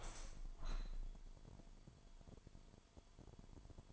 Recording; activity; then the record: daily activity, microphone in the room; open window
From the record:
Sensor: 5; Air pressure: 998.1 hPa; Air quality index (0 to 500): 98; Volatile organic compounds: 2 ppm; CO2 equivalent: 1125 ppm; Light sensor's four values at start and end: 27/65/27/29 and 27/65/27/29